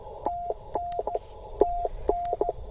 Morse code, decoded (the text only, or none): TN TN